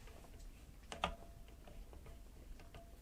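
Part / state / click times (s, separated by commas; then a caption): cooler mounting screw into motherboard bracket standoff / not seated / none. A spring-loaded mounting screw on an APNX AP1-V ARGB CPU cooler is turned anticlockwise with a screwdriver over the motherboard bracket's metal standoff. Only soft, light ticks and faint scrapes are heard, with the loudest pair close together near the start. Nothing has seated or clicked yet.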